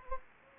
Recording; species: mosquito wingbeat signal from an infrared sensor; Anopheles gambiae